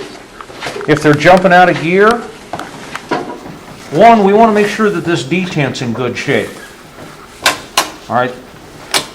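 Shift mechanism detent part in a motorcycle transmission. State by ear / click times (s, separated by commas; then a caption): seated / 7.5 s, 7.8 s. During an inspection of a Harley motorcycle transmission, a metal detent part in the shift mechanism is worked by hand while someone talks. Two sharp metallic clicks at 7.5 and 7.8 seconds mark the part popping right into place rather than hanging halfway, showing it moves and rotates freely.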